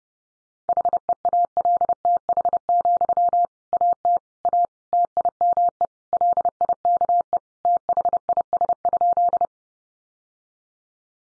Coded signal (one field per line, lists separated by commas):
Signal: Morse code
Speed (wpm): 30 wpm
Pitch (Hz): 700 Hz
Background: none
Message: HEALTH, AT A TIME LIKE THIS?